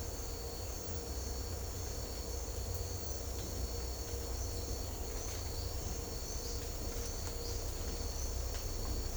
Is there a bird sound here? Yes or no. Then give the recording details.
no. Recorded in secondary vegetation near Puerto Asís, Putumayo, Colombia, on 21 December 2024 at 07:00. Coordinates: 0.500, -76.326. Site G065